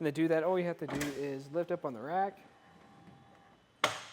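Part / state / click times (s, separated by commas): bike rack tray pivot latch on hitch rack mast / seated / 3.8 s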